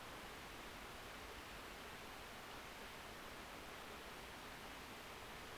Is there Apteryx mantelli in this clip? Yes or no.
no